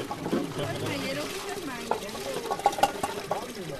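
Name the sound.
flowing river water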